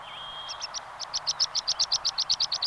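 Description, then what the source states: Meadow Pipit song: a thin whistle, then a series of sharp, high, ticking notes that grow louder. Field recording by Sten Wahlström from Sweden, issued on the Sveriges Ornitologiska Förening cassette Fåglar I Vår Närhet; Swedish name ängspiplärka.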